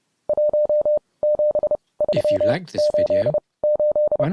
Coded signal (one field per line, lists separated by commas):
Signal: Morse code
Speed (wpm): 30 wpm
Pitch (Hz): 600 Hz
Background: speech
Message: 17388